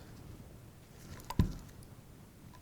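A metal interrupted-thread fitting is pushed onto the barrel of a WW2 submachine gun, which should snap into place, with a few faint metallic taps and one brief clattering knock near 1.4 s. Nothing has seated or clicked yet because the fitting was attached the wrong way around, so it does not lock.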